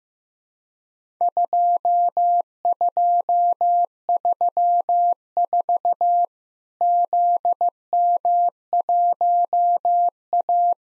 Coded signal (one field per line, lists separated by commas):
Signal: Morse code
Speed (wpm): 15 wpm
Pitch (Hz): 700 Hz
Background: none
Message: 2234 ZM1A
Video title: Worked All Europe DX Contest QTC Exchange with Repeats 15wpm